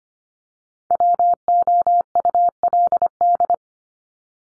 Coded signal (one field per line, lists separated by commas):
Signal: Morse code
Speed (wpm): 25 wpm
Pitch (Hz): 700 Hz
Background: none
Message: WOULD